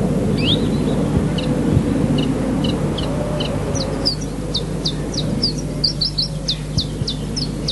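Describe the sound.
Iberian chiffchaff calls: a run of short, sharp high notes, some slurred, coming quickly and irregularly over a steady low rumble.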